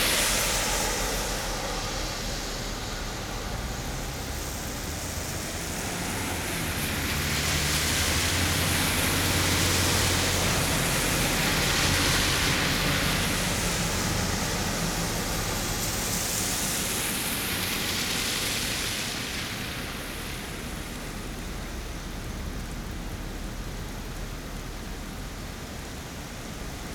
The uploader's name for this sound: Cars on a Rainy Day